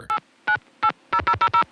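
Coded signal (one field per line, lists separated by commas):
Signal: DTMF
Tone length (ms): 80 ms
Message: 8980000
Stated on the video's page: Recorded on a Stromberg-Carlson ESC telephone exchange in Chancellor, Virginia.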